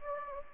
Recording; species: mosquito wingbeat signal from an infrared sensor; Anopheles gambiae